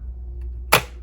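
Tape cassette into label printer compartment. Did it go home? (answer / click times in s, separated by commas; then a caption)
yes / 0.7 s. A plastic tape cassette is inserted again into the compartment of a Brother PT-D610BT label printer, going in easily without force. After a low steady hum and a faint tick at 0.4 s, a loud, sharp snap at 0.7 s marks the cassette seating home, followed by a short fading tail.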